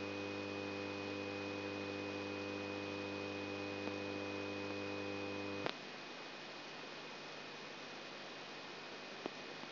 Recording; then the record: brain microelectrode recording played as sound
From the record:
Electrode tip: outside the subthalamic nucleus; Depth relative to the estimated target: -8 mm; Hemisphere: left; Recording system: AlphaMap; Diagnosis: Parkinson's disease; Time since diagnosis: 12 years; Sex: female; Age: 47 years